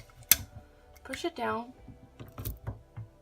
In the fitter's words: your heard that sound so